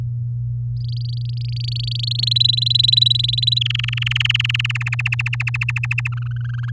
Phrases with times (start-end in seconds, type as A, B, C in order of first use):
0.76-2.33 A, 2.35-3.59 B, 3.61-4.78 C, 4.80-6.08 D, 6.12-6.70 E